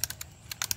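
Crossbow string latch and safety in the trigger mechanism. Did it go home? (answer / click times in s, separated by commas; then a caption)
no / none. A Barnett crossbow string is cranked back slowly with the cocking crank toward the string latch and the anti-dry-fire safety in the trigger mechanism. A series of short, sharp ticks is heard over a low, steady rumble. Nothing has latched or clicked into place yet.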